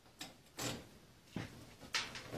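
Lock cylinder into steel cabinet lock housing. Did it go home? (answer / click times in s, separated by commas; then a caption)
no / none. A reassembled steel cabinet lock cylinder is handled and pushed back toward its housing, giving a few brief knocks and scrapes, with the sharpest one near 1.9 s. Nothing has seated or clicked into place yet.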